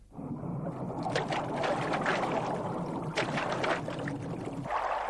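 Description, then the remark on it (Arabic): A heavy splash as the prophet Yunus throws himself into the sea, followed by steady churning, rushing water that stays loud throughout, with a couple of sharper surges of spray and no voices. “رميت نفسك في البحر إيمانا بقضاء الله وقدره.”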